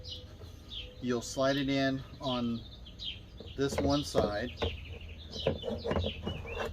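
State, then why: Not seated. A fully charged battery pack is slid into the battery slot on one side of a Ryobi 20-inch 3-in-1 lawn mower while someone talks, with bird chirps in the background. Nothing has seated or clicked yet.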